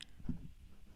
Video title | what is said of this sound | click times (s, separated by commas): Giant paper daisies FREE SVG by Cricut Maker Crafts - SUPER EASY and QUICK - Great for beginners | are facing towards you and insert it in the in the clamps until you hear the click sound that means it's in the perfect position so | 0.0 s